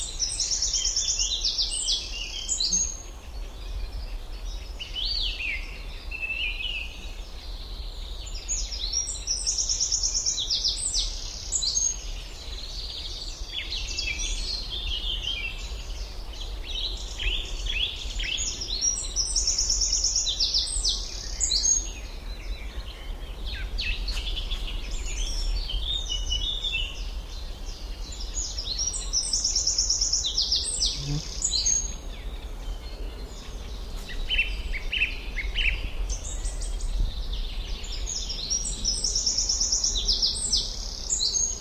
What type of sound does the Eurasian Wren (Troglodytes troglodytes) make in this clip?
song